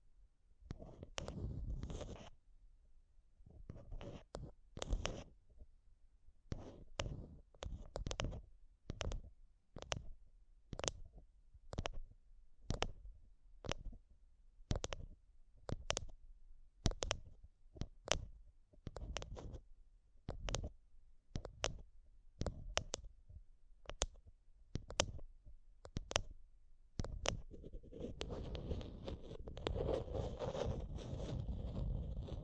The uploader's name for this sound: Intense Mic Tapping and Scratching Sounds